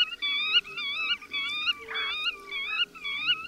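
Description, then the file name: Black-tailed godwit calls in quick nasal wavering notes, repeated in series, with a short rougher burst midway. "Rycyk"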